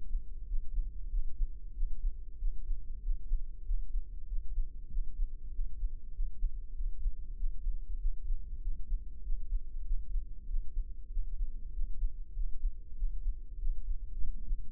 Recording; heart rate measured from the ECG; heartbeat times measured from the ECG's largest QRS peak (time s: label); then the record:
heart sounds by microphone in the left ear; 96 bpm
0.49 s: heartbeat
1.12 s: heartbeat
1.76 s: heartbeat
2.40 s: heartbeat
3.04 s: heartbeat
3.67 s: heartbeat
4.29 s: heartbeat
4.92 s: heartbeat
5.54 s: heartbeat
6.15 s: heartbeat
6.77 s: heartbeat
7.39 s: heartbeat
8.01 s: heartbeat
8.63 s: heartbeat
9.25 s: heartbeat
9.87 s: heartbeat
10.49 s: heartbeat
11.12 s: heartbeat
11.75 s: heartbeat
12.37 s: heartbeat
12.98 s: heartbeat
13.60 s: heartbeat
14.22 s: heartbeat
From the record:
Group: healthy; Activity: rest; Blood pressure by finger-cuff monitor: 147/85 mmHg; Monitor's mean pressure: 102 mmHg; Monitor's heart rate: 95 bpm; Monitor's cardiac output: 7.8 L/min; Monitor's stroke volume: 81 mL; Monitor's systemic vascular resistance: 970 dyn s/cm5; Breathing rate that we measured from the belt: 21 breaths a minute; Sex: male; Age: 21 years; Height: 175 cm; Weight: 72.6 kg